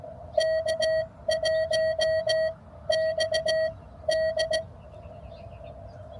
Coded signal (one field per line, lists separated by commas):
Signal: Morse code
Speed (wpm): 17 wpm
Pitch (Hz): 640 Hz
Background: music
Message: K1XD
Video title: POTA 20220322 US 3548